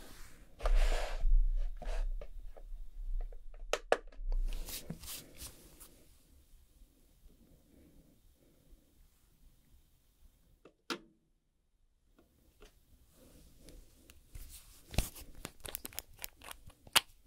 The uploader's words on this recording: ASMR Doing Your Nails Nail Extension & Gel Nail (No Talking).